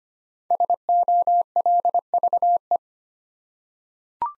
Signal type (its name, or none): Morse code